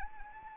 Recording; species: mosquito wingbeat signal from an infrared sensor; Anopheles arabiensis